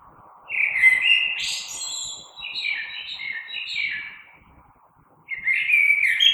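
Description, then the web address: Common blackbird singing rich warbled phrases, then a short pause before a new phrase begins. Recorded 3 March 2020. "oiseaux Merle 2020 03 03"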